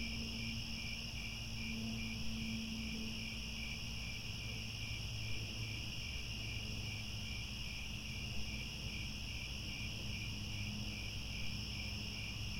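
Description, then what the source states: Cricket chorus of constant high-pitched trills layered together, pulsing gently, with a faint low hum running underneath. Chorus of crickets chirping at twilight as the sun sets, with stars overhead.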